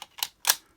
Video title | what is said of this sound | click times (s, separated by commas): DX Black Onitaijin Murasame Review - Avataro Sentai DonBrothers | you're a fantastic audible snap and then I'm just going to utilize the ankle tilt to get him to stand then | 0.2 s, 0.5 s